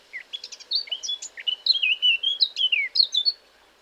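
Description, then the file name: Eurasian blackcap, a short burst of song: hurried chattering notes flowing into clear, loud whistled flourishes that end abruptly. "Sylvia atricapilla"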